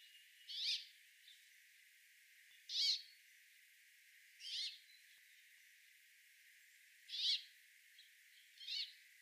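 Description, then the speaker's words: Brambling singing five harsh, buzzy zweek notes spaced about one and a half to nearly three seconds apart, against a faint steady hiss. Wheezy song likened to a greenfinch's: chuck-chuck followed by a rasping zweek, rendered 'bubble and squeak'; rarely heard in the UK. "The brambling's wheezy song is similar to that of the greenfinch. It is a chuck-chuck sound, followed by a rasping zweek."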